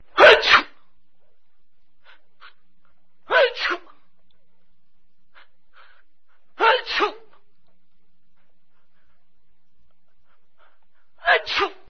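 An adult sneezing "achoo" four times, each sneeze a sharp, loud burst with a short intake-and-release shape, separated by a few seconds of quiet.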